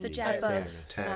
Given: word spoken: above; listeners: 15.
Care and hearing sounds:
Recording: one English word in noise, from a listening test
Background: four-talker babble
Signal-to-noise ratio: 0.4 dB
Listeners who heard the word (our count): 1 of 15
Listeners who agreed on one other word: 8 of 15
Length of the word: 0.76 s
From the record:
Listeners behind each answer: 8, 1, 1, 1, 1, 1, 1, 1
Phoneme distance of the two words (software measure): 44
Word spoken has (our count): 2 syllables, 4 phonemes, stress on syllable 2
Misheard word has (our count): 2 syllables, 6 phonemes, stress on syllable 2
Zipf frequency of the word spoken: 4.94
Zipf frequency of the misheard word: 4.63

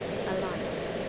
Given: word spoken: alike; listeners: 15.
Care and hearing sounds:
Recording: one English word in noise, from a listening test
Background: speech-shaped noise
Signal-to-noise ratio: -4.9 dB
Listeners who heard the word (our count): 1 of 15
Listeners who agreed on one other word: 12 of 15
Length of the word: 0.69 s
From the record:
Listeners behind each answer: 12, 1, 1, 1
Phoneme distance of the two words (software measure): 10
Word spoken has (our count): 2 syllables, 4 phonemes, stress on syllable 2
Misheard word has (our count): 2 syllables, 4 phonemes, stress on syllable 2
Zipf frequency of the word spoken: 3.75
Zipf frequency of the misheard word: 3.53

